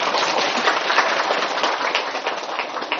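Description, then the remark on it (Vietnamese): A crowd at Linh Sơn applauds steadily, a dense, crackling wash of many hands clapping at an even, fairly loud level for the whole stretch, with no voices heard. “Wow, xin chân thành cảm ơn những cánh tay này, nhân duyên lớn lắm, cho chàng pháo tay.”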